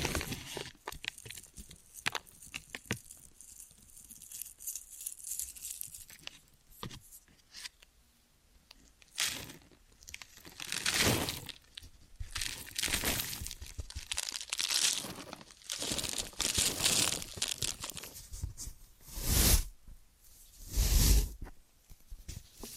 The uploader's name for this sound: Ear & Scalp Massage and Cleaning